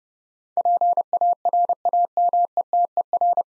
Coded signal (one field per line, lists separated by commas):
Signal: Morse code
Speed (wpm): 30 wpm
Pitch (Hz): 700 Hz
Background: none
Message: PARAMETER